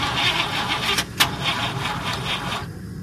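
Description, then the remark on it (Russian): A car starter cranks in a steady, rapid mechanical whirring rhythm, with a couple of sharper clicks midway, and the engine never catches before the cranking stops abruptly. “Стартер задрожал под капотом.”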